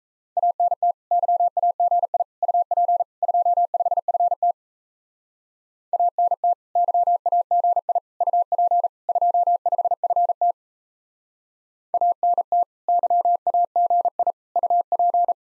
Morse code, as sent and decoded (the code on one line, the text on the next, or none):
.- -. - / -.-- .- --. .. / ..- .--. / ..--- ..... ..-. - / .- -. - / -.-- .- --. .. / ..- .--. / ..--- ..... ..-. - / .- -. - / -.-- .- --. .. / ..- .--.
ANT YAGI UP 25FT ANT YAGI UP 25FT ANT YAGI UP